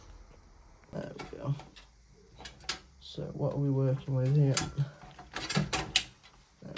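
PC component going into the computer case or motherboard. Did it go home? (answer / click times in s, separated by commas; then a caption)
yes / 6.0 s. During a PC motherboard swap, a component, likely the motherboard or a part fitted to it, is pushed into place inside the computer case while someone talks. Short handling knocks come before a sharp click at 6.0 s as the part seats.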